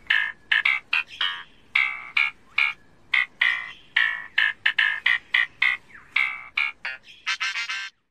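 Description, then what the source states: Lyrebird song, rapid run of loud, varied metallic notes and chips in irregular bursts, ending in a dense buzzy flourish. Played at the close of a radio interview.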